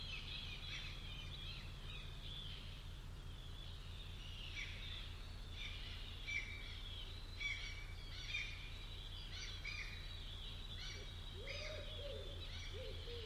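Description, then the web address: Bird chorus: dense high chirping and whistles with a few sharper notes standing out, over a steady low hum; short lower calls near the end. "cianscape birddata Deverinetal 2025 File origin Bird Only"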